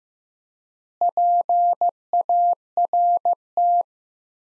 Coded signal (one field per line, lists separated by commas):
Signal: Morse code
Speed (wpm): 15 wpm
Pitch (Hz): 700 Hz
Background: none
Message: PART